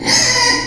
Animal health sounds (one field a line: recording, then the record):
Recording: squeal of a Yucatan mini pig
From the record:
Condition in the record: before surgery on the right vocal fold (resection and tissue-engineered implant)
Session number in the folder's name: 2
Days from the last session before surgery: 0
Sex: male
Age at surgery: 12 weeks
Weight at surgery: 13 kg